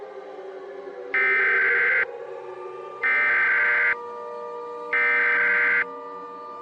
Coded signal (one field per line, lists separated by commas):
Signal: Emergency Alert System (SAME) tones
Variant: header bursts